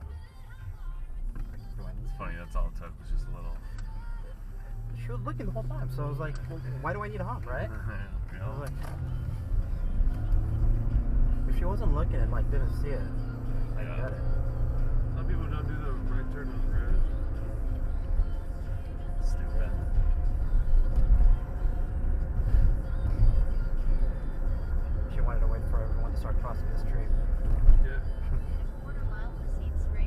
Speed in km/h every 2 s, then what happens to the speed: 0, 3, 3, 6, 13, 29, 42, 50, 56, 60, 63, 66, 66, 63, 48.
0-22 pulls away to 66. 25-30 brakes to 48.